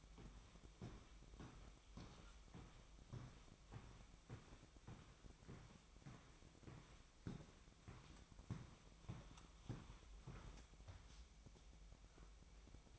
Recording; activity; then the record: daily activity, microphone in the room; walk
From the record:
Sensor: 1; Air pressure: 1001.6 hPa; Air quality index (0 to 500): 222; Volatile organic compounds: 30 ppm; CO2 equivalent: 2960 ppm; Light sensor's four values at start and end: 9/31/11/12 and 9/31/11/13